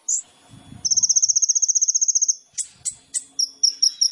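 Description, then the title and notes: Sunbird song: one squeak, a quick steady trill of very high notes lasting over a second, then several separate sharp chips. Masteran for songbirds, used as a lure to prompt singing; full of isian (filler phrases) and tembakan (shots); the bird is gacor, singing actively. "MASTERAN KOLIBRI NINJA FULL ISIAN DAN TEMBAKAN COCOK BUAT PANCINGAN. Suara Burung Kolibri Ninja Gacor"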